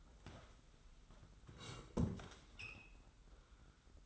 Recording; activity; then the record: daily activity, microphone in the room; sit down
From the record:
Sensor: 3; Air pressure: 990.5 hPa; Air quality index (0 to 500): 171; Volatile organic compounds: 1000 ppm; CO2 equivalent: 5550 ppm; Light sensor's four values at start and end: 41/97/40/38 and 42/97/40/38